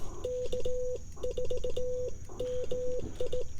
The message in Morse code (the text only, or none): K4MI